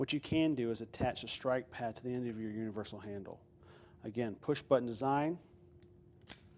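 A metal strike pad is handled at the end of a push-button universal surgical rasp handle while someone talks, so the finishing rasps can be driven with a mallet instead of reciprocating power. Two faint, brief taps come near the end at about 5.8 and 6.3 seconds. The pad has not seated or clicked onto the handle yet.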